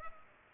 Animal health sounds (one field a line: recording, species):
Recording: mosquito wingbeat signal from an infrared sensor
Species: Culex pipiens